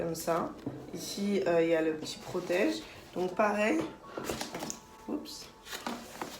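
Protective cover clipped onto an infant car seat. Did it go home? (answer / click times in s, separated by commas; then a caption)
yes / 5.9 s, 6.2 s. Someone talks while fitting a plastic protective cover onto the infant car seat of a Kinderkraft Prime 3 in 1 stroller. The cover clips on with two short clicks at 5.9 s and 6.2 s, and it is seated.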